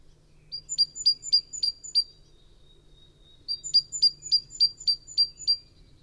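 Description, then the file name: Great tit calls: a rapid run of about six high, clipped notes, a pause of over a second, then another similar burst of several notes. "Parus major"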